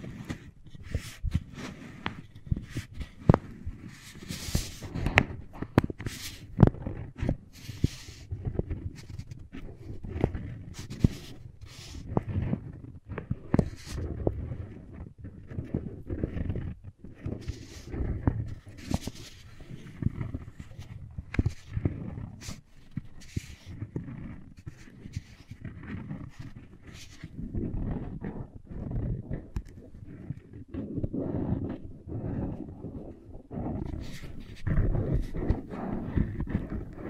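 Wooden balls clack and roll against each other, with dense, irregular knocks and sharp taps throughout. Low rumbling rolling sounds fill the gaps, while brighter clicks stand out every second or so, a little sparser in the middle before busy knocking returns.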